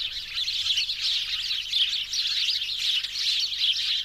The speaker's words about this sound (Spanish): pajaritos.